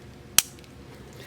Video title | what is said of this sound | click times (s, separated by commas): DRPD Tool Haul #28: PB Swiss Bike Tool | that's it you need to listen for the click just like the little leaflet sticker thing told us | 0.4 s